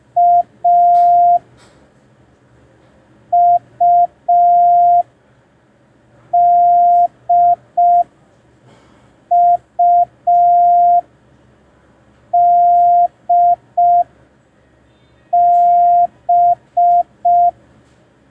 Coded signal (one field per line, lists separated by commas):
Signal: Morse code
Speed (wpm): 5 wpm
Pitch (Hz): 700 Hz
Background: none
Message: A U D U D B